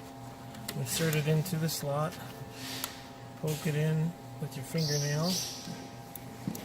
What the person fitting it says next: so that makes a clicking sound. That means it's engaged.